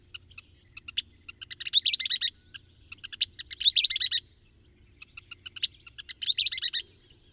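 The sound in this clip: Bird singing three phrases of high, clipped notes that quicken into loud rapid trills, with a quiet low hum in the background.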